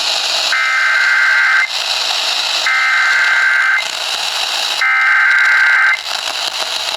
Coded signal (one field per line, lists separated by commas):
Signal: Emergency Alert System (SAME) tones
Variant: header bursts